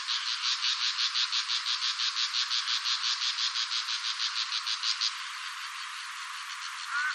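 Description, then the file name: Bull-headed shrike calling in a steady string of rasping high notes for about five seconds, then much quieter. "mozu"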